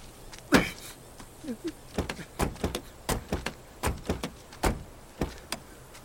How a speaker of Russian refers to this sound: Алекс несколько раз хлопает дверью и садится на заднее сиденье.